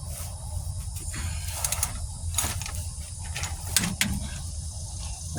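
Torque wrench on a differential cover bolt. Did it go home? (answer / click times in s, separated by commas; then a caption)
yes / 3.8 s, 4.0 s. A 3/8 torque wrench with an extension tightens a steel bolt on the 7.5" rear differential cover of a 1998 Ford Ranger 3.0 4X4 during gasket installation. Sharp ratcheting ticks sound at about 1.6, 1.8 and 2.4 seconds over a low, steady rumble. The wrench gives its break-over clicks at 3.8 and 4.0 seconds, confirming the bolt is torqued to the setting.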